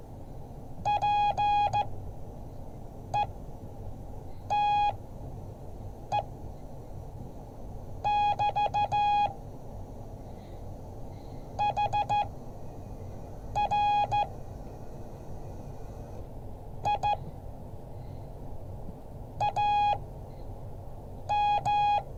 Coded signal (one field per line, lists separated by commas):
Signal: Morse code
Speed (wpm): 14 wpm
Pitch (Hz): 830 Hz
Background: none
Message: PETE<BT> HR I AM